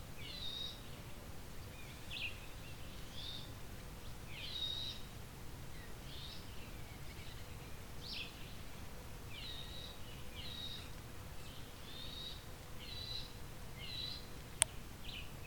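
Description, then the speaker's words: Red-eyed Vireo's buzzy, nasal 'yee' calls repeated about once a second, with a faint steady hum, low rumble and one sharp click near the end. Several red-eyed vireos giving a 'yee' call in thick cover; possibly a young bird, more likely an adult's predator alarm near its nest against a jay, grackle, crow or squirrel. "Got some red-eyed vireos vocalizing. Kind of yee call."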